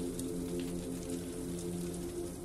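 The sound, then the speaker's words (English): Steady cold rain patters and hisses without pause, with scattered drops ticking through the wash and a low, even hum running underneath. “There is beauty and comfort to be found in the contrasting swings between grays and blacks and vibrant hues, between the cold rain and the fireside refuge in your cozy apartment.”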